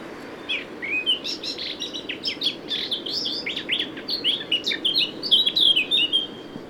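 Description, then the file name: Eurasian blackcap song, a fast scratchy warble of rapid chattering notes that runs on and builds into louder, clearer fluty whistles near the end. "Sylvia atricapilla"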